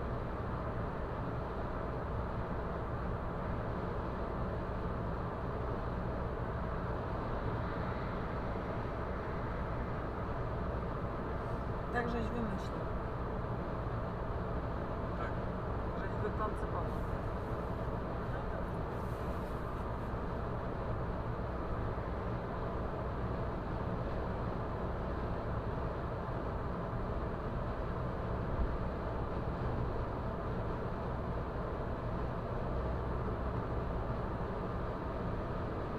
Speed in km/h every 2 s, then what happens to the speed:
110, 110, 110, 110, 110, 110, 110, 110, 110, 110, 110, 110, 109, 109, 109, 109, 112, 115.
0-30 steady at about 110. 30-36 speeds up to 115.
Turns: none.